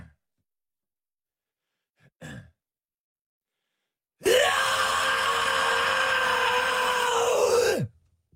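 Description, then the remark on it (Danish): A singer demonstrates a growling vocal technique: a short breath, then a single loud, sustained growled vocal held for about three and a half seconds, rough and gritty with a noisy rasp over the tone, before cutting off abruptly. “Må vi ikke prøve at høre nogle flere eksempler på din growling-teknik?”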